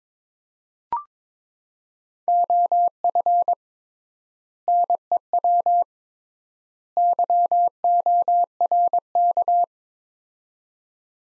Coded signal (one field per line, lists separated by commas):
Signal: Morse code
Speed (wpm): 22 wpm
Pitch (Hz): 700 Hz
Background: none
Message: OF NEW YORK